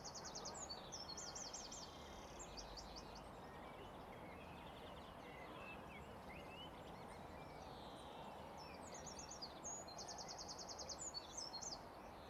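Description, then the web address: Birds chirping in quick high trills and short rattling bursts, one at the start and again near the end, over a steady low rumble of traffic. City park with distant traffic, recorded as spatial ambisonic (AmbiX) audio. "Sonik Sound Library - Spatial Cities Ambience, City Park, Distant Traffic, Voices, Birds Chirping"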